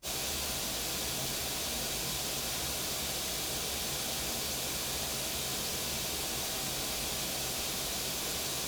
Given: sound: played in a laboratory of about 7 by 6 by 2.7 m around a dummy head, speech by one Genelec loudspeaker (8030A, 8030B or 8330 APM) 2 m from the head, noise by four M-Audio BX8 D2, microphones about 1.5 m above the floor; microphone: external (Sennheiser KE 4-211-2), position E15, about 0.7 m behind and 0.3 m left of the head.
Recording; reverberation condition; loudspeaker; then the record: white noise; low; four, about 170 cm from the corners of the room and facing them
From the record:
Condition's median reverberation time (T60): about 310 ms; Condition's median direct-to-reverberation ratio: about 3.5 dB